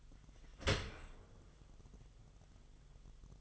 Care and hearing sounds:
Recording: daily activity, microphone in the room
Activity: open dishwasher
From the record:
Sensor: 4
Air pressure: 1005.6 hPa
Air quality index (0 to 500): 111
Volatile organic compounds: 3 ppm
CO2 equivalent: 1383 ppm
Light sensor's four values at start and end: 11/24/10/10 and 11/24/9/9

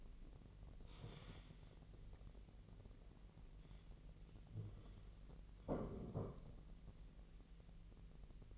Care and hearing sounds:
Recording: daily activity, microphone in the room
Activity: stand up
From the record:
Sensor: 4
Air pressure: 1002.4 hPa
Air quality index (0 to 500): 248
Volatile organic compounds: 38 ppm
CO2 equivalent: 3117 ppm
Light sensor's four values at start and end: 11/25/10/10 and 11/25/10/10

